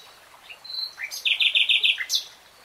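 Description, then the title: Nightingale song: a thin whistle, then a rich rattling series of full, loud notes closing with a sharp upsweep. Nightingale singing; 3-hour real-time recording. "[Tiếng chim hót] 3 Hours REALTIME Nightingale Singing"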